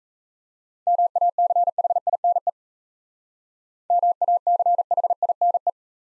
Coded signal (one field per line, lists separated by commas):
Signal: Morse code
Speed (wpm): 35 wpm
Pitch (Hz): 700 Hz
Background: none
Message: MACHINE MACHINE